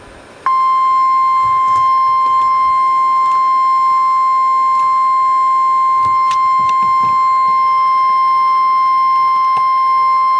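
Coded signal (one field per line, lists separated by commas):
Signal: Emergency Alert System (SAME) tones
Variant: 1050 Hz attention tone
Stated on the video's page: Tornado warning recorded from an online weather radio stream.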